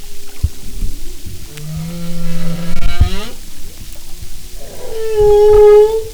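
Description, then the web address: Humpback whale moans: a long low level tone, then a rising upsweep, and a loud steady higher moan at the end, with underwater rumble. "Marine Mammals humpback"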